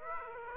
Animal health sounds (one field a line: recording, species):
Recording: mosquito wingbeat signal from an infrared sensor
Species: Aedes aegypti